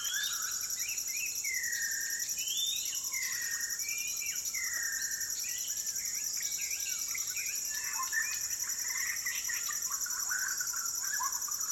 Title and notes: Borneo Rainforest - Evening - Dusk Chorus With Shama. The fluting calls of White-crowned shamas fill the valley as the sun sets over the jungles of Maliau NP, Borneo